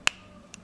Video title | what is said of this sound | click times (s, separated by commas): Présentation de accessoires de la caméra ATC3K | voilà on re clipse et c'est fermé | 0.1 s